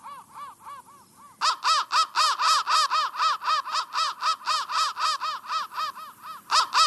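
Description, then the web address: Crow caws: faint arched notes at the start, then a sudden loud burst of rapid harsh caws that continues to the end. "soundfactory crow"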